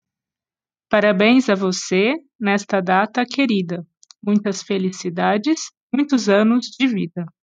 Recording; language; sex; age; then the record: short text; Brazilian Portuguese; female; 40 to 49 years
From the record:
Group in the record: control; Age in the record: 42 years